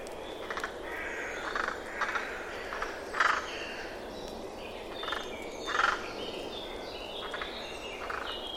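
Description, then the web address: Bird producing two prominent harsh calls a few seconds apart, with softer similar notes and high chirps from other birds in a hissy background. "Deverinetal 2025 File origin Bird Only"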